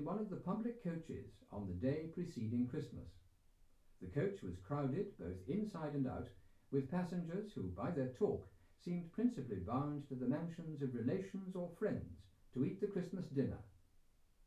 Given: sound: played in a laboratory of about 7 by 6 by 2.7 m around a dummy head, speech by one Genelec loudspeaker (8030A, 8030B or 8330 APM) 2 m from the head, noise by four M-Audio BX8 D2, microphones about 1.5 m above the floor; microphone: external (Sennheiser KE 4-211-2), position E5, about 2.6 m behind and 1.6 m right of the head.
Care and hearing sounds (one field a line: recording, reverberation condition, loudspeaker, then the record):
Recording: male speech in English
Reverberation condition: low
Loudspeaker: 120 degrees to the right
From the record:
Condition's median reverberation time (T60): about 310 ms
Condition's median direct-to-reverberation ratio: about 3.5 dB